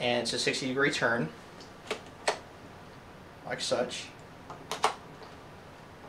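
Someone talks while turning the fore-end cap of a Beretta A400 Xtreme Plus semi-auto shotgun about 60 degrees onto the magazine tube's bead lock system. Sharp mechanical ticks are heard around 1.9, 2.3, 4.7 and 4.8 seconds. The cap has not seated or locked yet.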